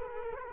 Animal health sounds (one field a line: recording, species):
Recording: mosquito wingbeat signal from an infrared sensor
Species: Culex quinquefasciatus